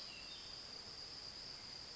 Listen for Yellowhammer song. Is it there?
no